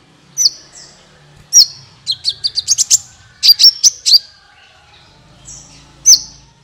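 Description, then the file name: Van Hasselt's sunbird song of thin, high chirps, several quick ones in a row around the middle, then a final sharp note after a pause. "suara kolibri ninja"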